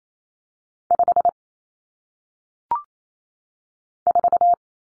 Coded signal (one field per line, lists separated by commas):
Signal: Morse code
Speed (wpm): 28 wpm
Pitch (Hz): 700 Hz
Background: none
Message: 5 4